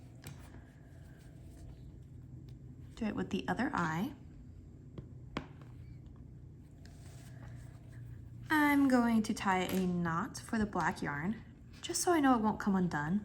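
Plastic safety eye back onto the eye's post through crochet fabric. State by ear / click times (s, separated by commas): seated / 5.4 s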